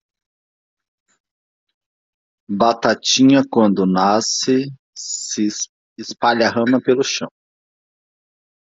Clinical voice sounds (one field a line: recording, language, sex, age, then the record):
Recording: short text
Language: Brazilian Portuguese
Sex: male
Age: 30 to 39 years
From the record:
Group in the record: control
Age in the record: 30 years